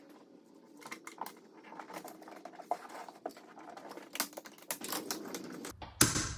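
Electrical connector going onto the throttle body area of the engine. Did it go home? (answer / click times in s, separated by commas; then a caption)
yes / 6.0 s. An electrical connector is pushed onto its plug near the throttle body on a Nissan Xterra, Pathfinder, Frontier, Equator or Navarra engine, with soft scratching and tapping of handling. A few light clicks come near 4.2, 4.7 and 5.1 seconds, then one sharp, loud click at 6.0 seconds as the connector latches and seats.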